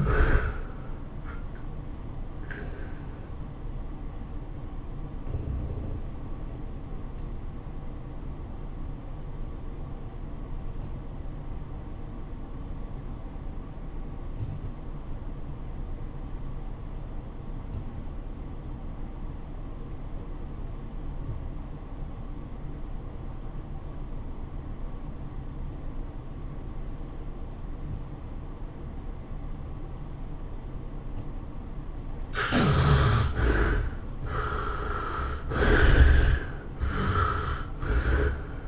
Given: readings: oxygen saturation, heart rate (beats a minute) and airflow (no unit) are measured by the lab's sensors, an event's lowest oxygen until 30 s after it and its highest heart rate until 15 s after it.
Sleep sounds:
breathing in sleep by a smartphone at the bedside; 1
6.00-31.10 s: obstructive apnea (REM, oxygen 90% highest, then 63% lowest, heart rate 103 at the start, 106 highest)
From the record:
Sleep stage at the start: REM sleep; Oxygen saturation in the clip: 62 to 90%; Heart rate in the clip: 60 to 110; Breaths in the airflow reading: 3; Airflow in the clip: -14.3 to 8.6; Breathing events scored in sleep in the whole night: 403 in 5.5 hours asleep

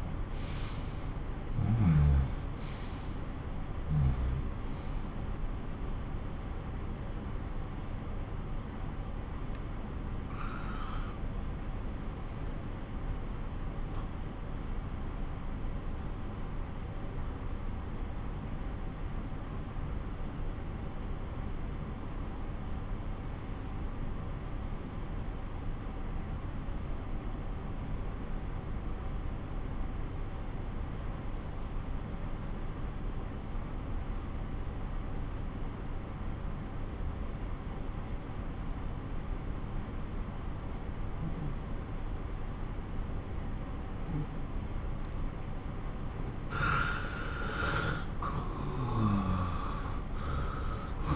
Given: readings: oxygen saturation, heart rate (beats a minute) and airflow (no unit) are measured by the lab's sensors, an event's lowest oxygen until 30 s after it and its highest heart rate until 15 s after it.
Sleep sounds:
breathing in sleep by a smartphone at the bedside; 1
6.00-45.70 s: obstructive apnea (N1, oxygen 96% highest, then 90% lowest)
28.00-51.16 s: new sleep stage, N2 (light sleep)
From the record:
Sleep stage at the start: N1 (lightest sleep); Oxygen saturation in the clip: 88 to 96%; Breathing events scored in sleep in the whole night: 217 in 6.3 hours asleep

